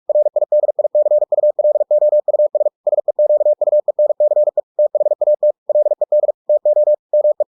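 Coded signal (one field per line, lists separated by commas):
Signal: Morse code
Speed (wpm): 46 wpm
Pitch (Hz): 600 Hz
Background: none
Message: RIDICULOUS SEQUENCE THAT LED TO ME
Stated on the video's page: Computer-generated Morse at 45 WPM, converted from a book with ebook2cw, for head-copy practice.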